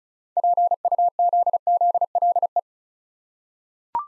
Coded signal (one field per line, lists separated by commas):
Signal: Morse code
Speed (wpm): 36 wpm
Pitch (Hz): 700 Hz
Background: none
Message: PUZZLE